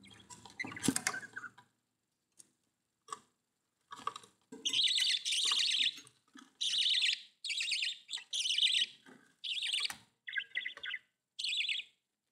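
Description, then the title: Budgerigar calls, buzzy trilled chirps repeated in steady bursts after a rough opening noise and scattered clicks. "Budgie Sounds"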